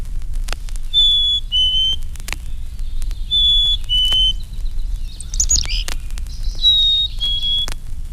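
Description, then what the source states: Black-capped Chickadee whistling its clear two-note song, a higher note dropping to a lower one, given three times, with a brief burst of chirps from another bird between. Notes lower pitched than those of the Carolina Chickadee; one black-cap often answers another in a different key.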